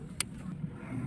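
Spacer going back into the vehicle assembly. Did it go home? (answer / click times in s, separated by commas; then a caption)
yes / 0.2 s. A spacer is refitted during reassembly of a vehicle assembly, likely a fork or shock with an oil seal. One sharp click sounds at 0.2 s over a low background hum. The spacer is seated and fixed in place.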